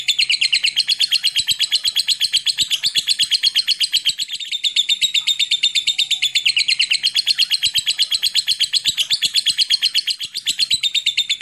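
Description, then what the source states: Lovebird pouring out a long, steady, machine-gun-like chattering trill of high, buzzy notes with small dips in pitch. Lovebird singing a long ngekek trill (Indonesian style 'ngekek panjang').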